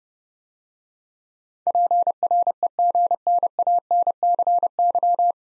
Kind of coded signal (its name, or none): Morse code